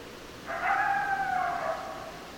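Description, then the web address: Coyote howl, one smooth sustained tone lasting about one and a half seconds, fading at the end, against steady hiss. Recorded 10 December 2012; several coyotes. "sounds mammals Coyote 2012 12 10 Coyotes"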